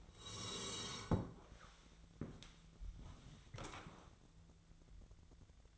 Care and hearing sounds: daily activity, microphone in the room; sit down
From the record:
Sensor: 3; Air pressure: 1000.5 hPa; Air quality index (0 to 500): 170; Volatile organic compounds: 3 ppm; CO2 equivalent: 1481 ppm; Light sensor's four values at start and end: 13/31/13/14 and 14/31/13/14

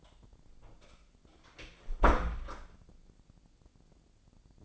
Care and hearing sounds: daily activity, microphone in the room; close door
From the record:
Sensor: 5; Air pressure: 1009.3 hPa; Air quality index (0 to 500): 165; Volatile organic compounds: 2 ppm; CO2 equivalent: 1261 ppm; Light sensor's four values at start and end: 144/341/145/157 and 144/342/145/157

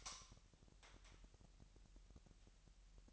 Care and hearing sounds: daily activity, microphone in the room; light on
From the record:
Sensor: 3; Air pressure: 1001.8 hPa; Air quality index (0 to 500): 245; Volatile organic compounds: 47 ppm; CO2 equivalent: 3257 ppm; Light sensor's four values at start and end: 6/13/5/5 and 12/32/13/12

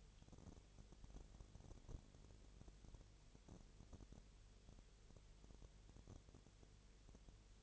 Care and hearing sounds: daily activity, microphone in the room; no activity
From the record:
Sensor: 4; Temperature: 22.7 degrees Celsius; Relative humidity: 32.0%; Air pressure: 1008.1 hPa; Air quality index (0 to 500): 114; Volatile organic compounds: 2 ppm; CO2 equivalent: 1107 ppm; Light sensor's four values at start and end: 2/3/1/1 and 2/3/1/1

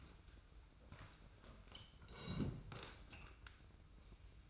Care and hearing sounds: daily activity, microphone in the room; sit down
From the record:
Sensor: 2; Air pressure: 990.4 hPa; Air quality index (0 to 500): 182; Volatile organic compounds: 1000 ppm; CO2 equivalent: 5803 ppm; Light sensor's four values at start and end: 27/59/25/25 and 25/59/24/24

